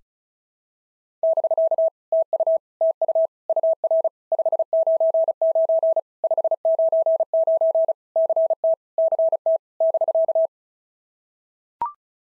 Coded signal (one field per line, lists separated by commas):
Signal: Morse code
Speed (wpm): 32 wpm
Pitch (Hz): 650 Hz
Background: none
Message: <BK> TU TU UR 599 599 CT CT <BK>